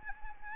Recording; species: mosquito wingbeat signal from an infrared sensor; Anopheles arabiensis